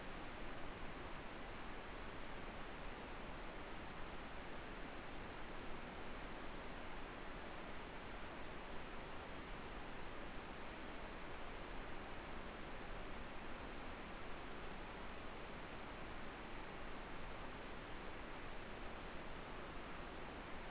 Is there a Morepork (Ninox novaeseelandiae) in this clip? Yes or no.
no